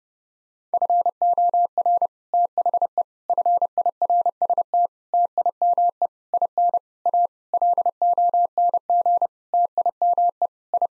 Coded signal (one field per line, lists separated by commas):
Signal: Morse code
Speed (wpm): 30 wpm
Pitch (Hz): 700 Hz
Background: none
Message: FOR THE FIRST TIME IN A LONG TIME I